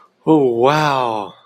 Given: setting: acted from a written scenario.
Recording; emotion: vocal sound without words; triumph